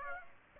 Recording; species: mosquito wingbeat signal from an infrared sensor; Aedes aegypti